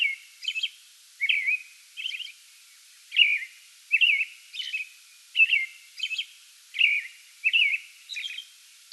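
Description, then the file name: American robin delivering an even series of short warbled phrases, each with a brief high squeak, against light steady background noise. Song bout, 8 May 2022. "2022-05-08 American Robin song bout"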